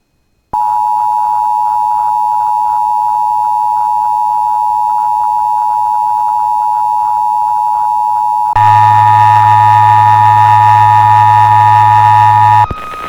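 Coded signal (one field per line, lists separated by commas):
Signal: Emergency Alert System (SAME) tones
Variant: 853 and 960 Hz attention tone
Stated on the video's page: Emergency Alert System tests, the first of 2024.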